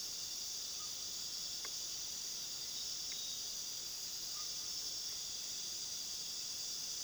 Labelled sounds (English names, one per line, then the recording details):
none
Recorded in pastures near Puerto Asís, Putumayo, Colombia, on 19 February 2024 at 21:00
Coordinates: 0.497, -76.327
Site G7276